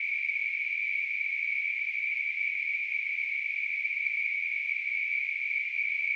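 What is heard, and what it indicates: A steady, continuous high-pitched hissing band centered near 2 to 2.5 kHz, with fainter energy up to about 8 kHz and nothing in the low frequencies, a simulated tinnitus sound.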